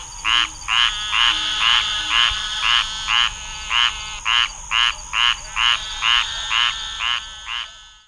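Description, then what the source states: Squirrel treefrog giving a run of brief harsh, nasal notes, roughly two per second, evenly spaced, over a quiet background with faint hum. Single calling frog.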